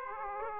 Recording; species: mosquito wingbeat signal from an infrared sensor; Aedes aegypti